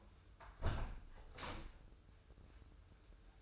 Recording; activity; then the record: daily activity, microphone in the room; close window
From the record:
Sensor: 2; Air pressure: 995.6 hPa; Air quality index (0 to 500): 98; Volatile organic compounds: 5 ppm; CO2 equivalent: 1802 ppm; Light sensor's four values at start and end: 24/76/30/29 and 24/76/30/29